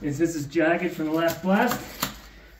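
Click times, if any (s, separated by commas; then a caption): 2.0 s. A stemming plug is pushed into a drilled blast hole in rock while someone talks. One sharp hit at 2.0 s marks the plug locking in place in both directions, seating it so the hole is stemmed.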